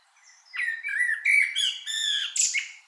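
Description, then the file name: Common blackbird giving a short run of harsh, nasal, squawky notes in quick succession, each with a ringing overtone, lasting about two seconds. "Turdus merula"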